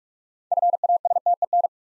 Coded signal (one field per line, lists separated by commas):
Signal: Morse code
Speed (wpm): 44 wpm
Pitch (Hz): 700 Hz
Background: none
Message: FASTEN